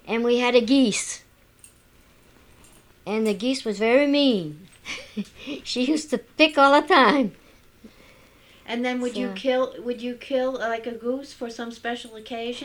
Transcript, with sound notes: and we had a geese. And the geese was very mean. ( she laughs ) She used to pick all the time.
And then would you kill, like, a goose, for some special occasion?